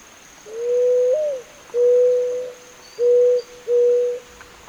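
Zenaida dove cooing in a low, soft series: one long coo rising briefly at its end, a drawn-out second note, then two shorter coos in quick succession.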